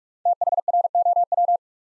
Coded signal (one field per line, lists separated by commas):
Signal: Morse code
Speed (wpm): 44 wpm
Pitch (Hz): 700 Hz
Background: none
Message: THROW